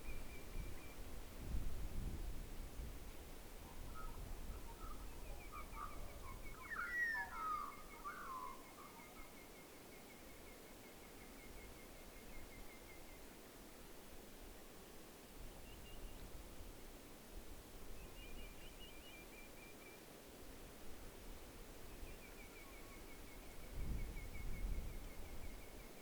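A night chorus of insects trills steadily at a high pitch, in long unbroken runs that pause and return. Around seven seconds a brief burst of bird-like chirps rises, and low rumbling swells occur near the start and again near twenty-four seconds.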